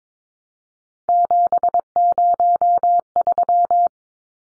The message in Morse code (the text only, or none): 703